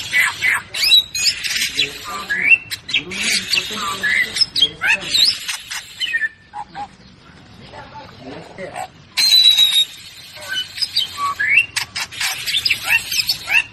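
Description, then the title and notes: Bird chirps and squeals in dense bursts, pauses with faint calls, then resumes with a bright whistle and more quick, sharp notes. Bird ringtone with a melodious voice. "Burung Dengan Suara Merdu"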